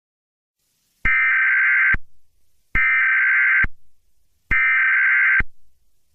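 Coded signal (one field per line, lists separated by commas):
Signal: Emergency Alert System (SAME) tones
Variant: header bursts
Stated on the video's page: Unfinished fictional EAS scenario about spikes coming out of the ground.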